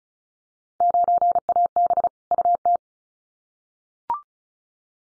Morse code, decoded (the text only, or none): 9AB UT